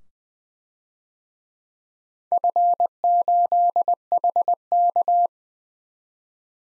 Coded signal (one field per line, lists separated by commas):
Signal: Morse code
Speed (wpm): 20 wpm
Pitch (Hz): 700 Hz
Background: none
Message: F8HK